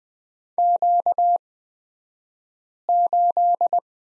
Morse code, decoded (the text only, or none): Q8